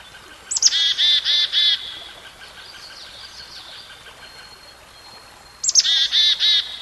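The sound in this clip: Songbird song: a sharp high note followed by four even, buzzy harmonic notes, the phrase heard twice about five seconds apart over faint background hiss.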